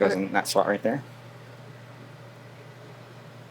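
Someone talks briefly as a GTX 1050 Ti graphics card is brought over and lined up with its PCIe slot on the motherboard, before it is pushed home. After the talking stops at about 1.0 s, only a steady low hum and faint background noise remain. The card has not seated or clicked yet.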